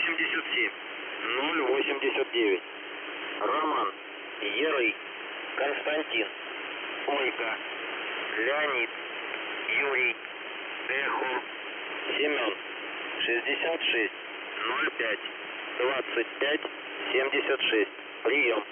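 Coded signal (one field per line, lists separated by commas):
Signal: coded military voice message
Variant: Squeaky Wheel, Russian voice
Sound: a Russian voice reads numbers and phonetic-alphabet letters over a narrow, noisy radio channel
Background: radio static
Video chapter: 01:12 сообщение в фонетической азбуке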